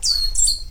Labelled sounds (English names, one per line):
Stitchbird song